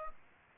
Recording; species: mosquito wingbeat signal from an infrared sensor; Aedes aegypti